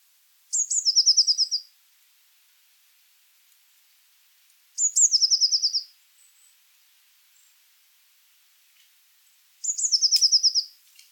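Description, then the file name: Eurasian blue tit song repeated three times, each phrase a sharp high note leading into a quick ringing trill, spaced roughly four to five seconds apart. "Cyanistes caeruleus"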